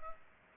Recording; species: mosquito wingbeat signal from an infrared sensor; Culex pipiens